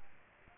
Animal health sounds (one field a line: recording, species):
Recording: mosquito wingbeat signal from an infrared sensor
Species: Aedes aegypti